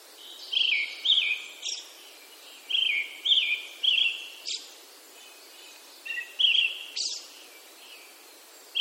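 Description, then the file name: Brown-headed thrush singing short phrases of two or three clear, fluty notes that drop in pitch, repeated every few seconds, with brief clicks between phrases. "akahara"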